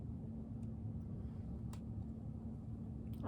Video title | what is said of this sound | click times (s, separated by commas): Flosstube #96--Bring on the Halloween Boxes! | Oh, now I've got it snapped into place. | 1.7 s